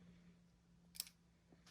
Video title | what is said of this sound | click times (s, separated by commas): Remote Trailer Work Lights - Gooseneck Backup Lights - Talbot Industries | two clicks locked in you're good | 1.0 s